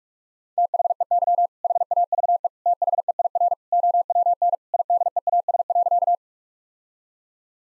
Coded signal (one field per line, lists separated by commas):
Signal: Morse code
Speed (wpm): 46 wpm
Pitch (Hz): 700 Hz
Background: none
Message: THEY HAVE THEIR OWN IDEAS.